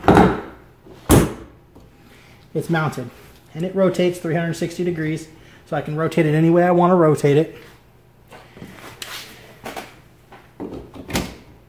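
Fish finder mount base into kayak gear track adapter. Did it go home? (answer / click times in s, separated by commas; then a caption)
yes / 11.2 s. Someone talks while handling a Garmin Striker 4cv fish finder mount on a kayak, with a few sharp knocks and handling sounds between phrases. The mount base is pressed onto the kayak's gear track adapter and clicks into place at 11.2 s.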